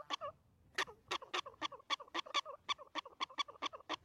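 Prairie dog barks, sharp chirps coming in an uneven run with softer notes between them.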